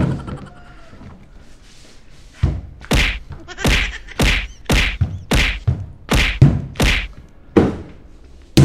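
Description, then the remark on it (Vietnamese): A run of about ten hard, thudding punches lands on a punching bag in a steady, quick rhythm, each blow a loud, sharp whack, with a quieter stretch before the strikes begin. “Bao giờ chú đấm phải thủng cái này.”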